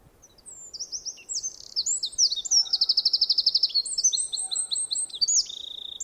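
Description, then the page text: Eurasian wren singing a long, energetic, very high jumble of quick notes and rattling trills, the phrases tumbling one after another for around five seconds. "Звук Крапивника, Подкоренника (Troglodytes troglodytes). Sound Pack"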